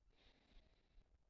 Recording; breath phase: one breath near a microphone; inhalation